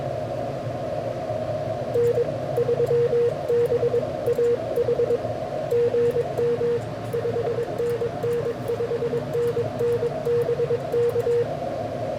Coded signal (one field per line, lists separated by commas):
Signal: Morse code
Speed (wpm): 22 wpm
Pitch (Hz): 480 Hz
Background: radio noise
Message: N3BAH GM 5NN 5NN BK